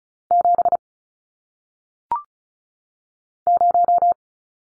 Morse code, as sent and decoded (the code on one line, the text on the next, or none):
--... / -----
7 0